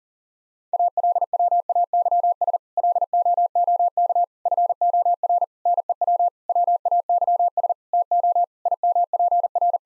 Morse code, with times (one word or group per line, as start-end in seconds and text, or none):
0.7-2.6 ALWAYS
2.8-4.2 LOOK
4.5-5.4 FOR
5.7-6.3 NEW
6.5-7.7 WAYS
7.9-8.4 TO
8.7-9.8 IMPR